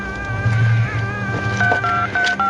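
Telephone keypad dialing tones: about four short, evenly spaced electronic beeps in quick succession, each a clear two-pitched tone, following a steady humming tone with a low rumble underneath.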